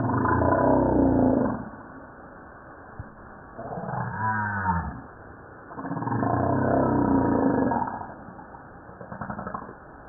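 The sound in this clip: Humpback whale song: deep, rough groaning units with rumbling pulses, two long grinding bursts framing a shorter swooping moan.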